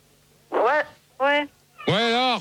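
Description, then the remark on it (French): A female cat meows three times over a phone line. Each call bends up and falls in pitch, and the third is the longest. A steady low hum runs underneath. “T'entends comme elle miaule, ça doit être une chatte.”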